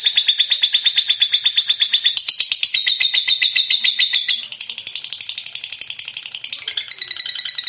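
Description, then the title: Lovebird song: a long, rapid, high-pitched chattering trill of dense pulses, shifting in tone midway and continuing without pause to the end. Lovebird described as a 'fighter' type and 'gacor', meaning singing energetically. "Berkat SUARA Lovebird FIGHTER GACOR Ini"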